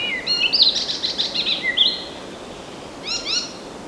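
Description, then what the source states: Bird song of high, clear whistled notes and quick warbling trills over the first two seconds, then a short burst of stacked chirps, with a soft hiss of background noise. Forest birds.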